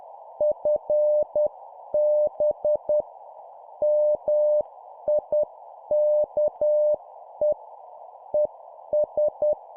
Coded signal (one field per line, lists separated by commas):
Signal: Morse code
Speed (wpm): 10 wpm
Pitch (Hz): 600 Hz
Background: none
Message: FB MIKE ES